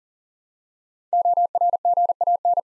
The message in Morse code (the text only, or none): ORGAN